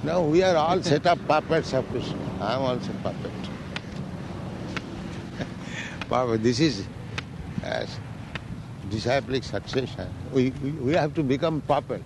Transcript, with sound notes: We are all set of puppets of Kṛṣṇa. I am also puppet. [chuckles] Puppet. This is disciplic succession. We, we have to become puppet.